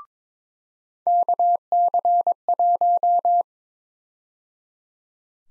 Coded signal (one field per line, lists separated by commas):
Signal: Morse code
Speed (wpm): 22 wpm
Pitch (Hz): 700 Hz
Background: none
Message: KC1